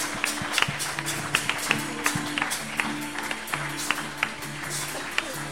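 An audience applauds the Lord during a church worship service, a steady wash of many hands clapping with sharper individual claps popping out irregularly, over a low sustained hum or held note.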